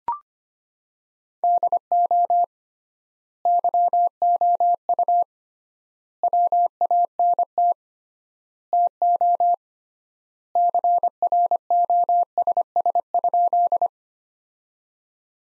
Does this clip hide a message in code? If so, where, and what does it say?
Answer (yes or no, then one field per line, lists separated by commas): yes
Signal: Morse code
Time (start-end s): 1.4-13.9 s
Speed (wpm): 25 wpm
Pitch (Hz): 700 Hz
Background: none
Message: DO YOU WANT TO CROSS?